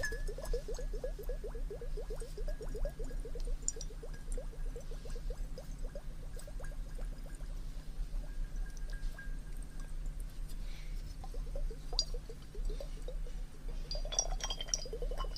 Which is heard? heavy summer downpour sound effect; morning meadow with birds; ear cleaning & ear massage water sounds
ear cleaning & ear massage water sounds